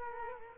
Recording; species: mosquito wingbeat signal from an infrared sensor; Culex quinquefasciatus